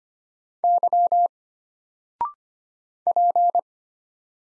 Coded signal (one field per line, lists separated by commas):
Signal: Morse code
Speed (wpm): 25 wpm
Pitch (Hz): 700 Hz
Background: none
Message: Y P